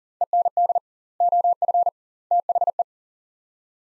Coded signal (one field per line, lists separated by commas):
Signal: Morse code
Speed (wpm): 40 wpm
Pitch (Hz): 700 Hz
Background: none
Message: END OF THE